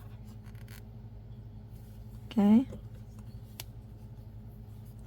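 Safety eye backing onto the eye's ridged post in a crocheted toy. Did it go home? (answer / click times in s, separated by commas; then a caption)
yes / 3.6 s. A plastic safety backing is pushed onto the ridged post of a safety eye on a crocheted toy, and it snaps into place over the ridges. Someone talks briefly around 2.4 s, then a sharp click is heard at 3.6 s as the backing seats. Soft faint scraping and tapping sounds come and go before and after.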